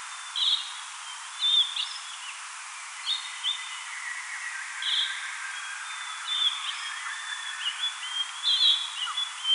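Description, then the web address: Spotted flycatcher song, slowed: a series of brief squeaky high notes and short chirps every second or so, with faint lower twittering beneath. Recorded 4 June 2025; played back at half speed. "paivat 4 6 2025 harmaasiepon laulua puolella nopeudella"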